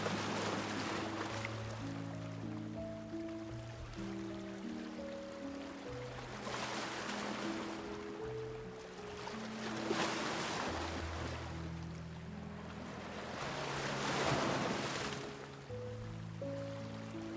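Soft, slow music of long held low notes drifts over the steady hush of ocean waves. Waves swell and break in bright washes about every four seconds, near 6, 10 and 14 seconds, while the gentle melody keeps moving underneath at an even level.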